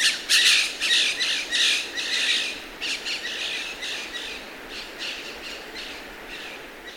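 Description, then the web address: White-breasted parakeet, harsh screeching squawks in rapid overlapping bursts, loudest at first and then trailing off into softer chatter. Recorded in Ecuador. "Birds of Ecuador. White-breasted Parakeet"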